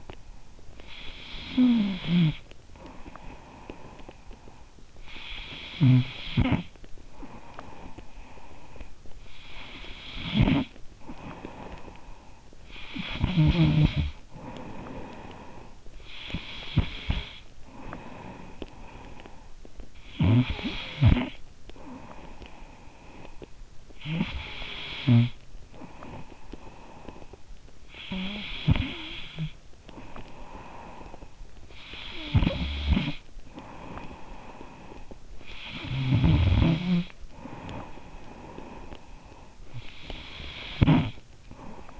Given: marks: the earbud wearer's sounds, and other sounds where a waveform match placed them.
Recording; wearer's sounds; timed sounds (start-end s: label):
sounds in sleep by an in-ear microphone; snoring breath
0.00-42.00 s: snoring breath